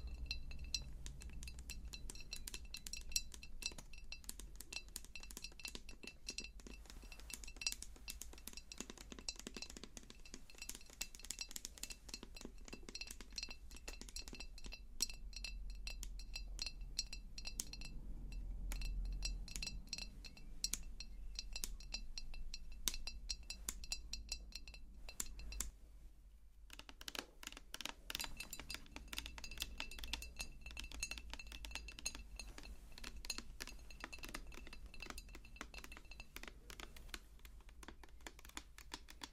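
Face touching and tapping triggers: dense, quick clicking taps with a few glassy clinks over a steady low hum, briefly pausing around 26 seconds.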